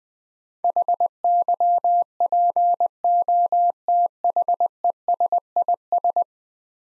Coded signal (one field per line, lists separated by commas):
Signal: Morse code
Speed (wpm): 20 wpm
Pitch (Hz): 700 Hz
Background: none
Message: HYPOTHESIS